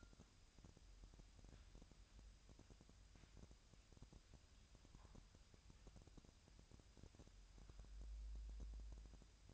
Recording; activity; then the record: daily activity, microphone in the room; wipe stove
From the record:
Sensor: 2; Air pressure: 1003.1 hPa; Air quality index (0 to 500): 201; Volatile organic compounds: 6 ppm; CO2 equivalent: 1910 ppm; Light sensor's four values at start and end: 9/21/9/10 and 9/21/9/10